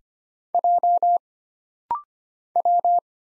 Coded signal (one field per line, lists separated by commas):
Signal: Morse code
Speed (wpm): 25 wpm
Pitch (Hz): 700 Hz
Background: none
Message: J W